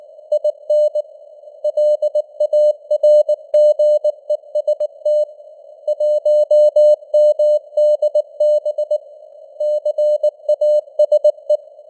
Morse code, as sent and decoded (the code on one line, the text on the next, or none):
.. -. / .-.. .- .-. --. . ... - / .---- -- -.. -... / -.-. .- ... .
IN LARGEST 1MDB CASE